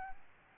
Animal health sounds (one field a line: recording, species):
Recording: mosquito wingbeat signal from an infrared sensor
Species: Aedes albopictus